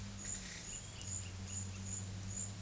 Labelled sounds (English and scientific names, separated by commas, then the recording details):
none
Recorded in pastures near Puerto Asís, Putumayo, Colombia, on 16 December 2024 at 11:00
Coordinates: 0.472, -76.331
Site GP02